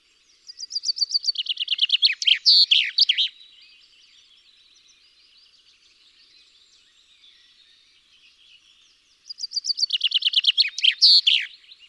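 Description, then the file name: Common chaffinch song: two rattling, descending trill phrases, each with a sharp closing flourish, separated by a pause with faint high twittering. "Fringilla coelebs"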